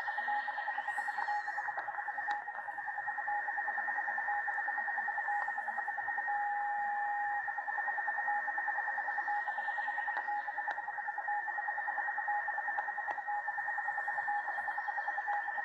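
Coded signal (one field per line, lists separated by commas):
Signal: radio time signal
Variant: Russian Beta VLF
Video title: Wave Hunting 10. Juli 2016 - Viererfeld Session - Zeitzeichensystem Beta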